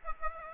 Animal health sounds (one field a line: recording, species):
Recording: mosquito wingbeat signal from an infrared sensor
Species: Aedes aegypti